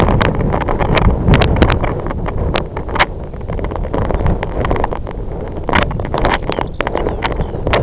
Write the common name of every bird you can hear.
Lapland Longspur